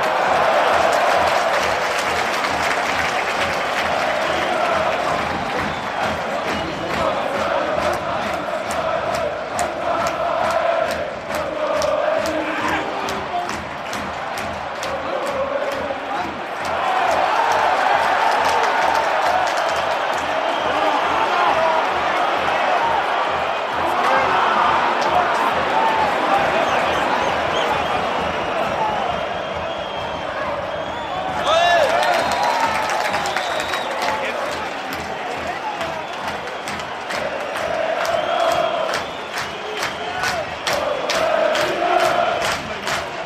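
Game atmosphere from a large crowd: a dense, constant roar of many voices, mid-pitched. The noise swells into louder cheering around 17 seconds, again near 25, and in the final stretch, dipping slightly in between.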